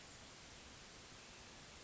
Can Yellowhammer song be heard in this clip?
no